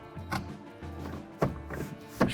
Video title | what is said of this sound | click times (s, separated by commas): Episode 16: 2016 RAM 1500 - Body-Colored Door Handles Installation - the Build by Infotainment.com | Direction here and once you reach those clips should kind of just snap into place | 1.4 s, 2.2 s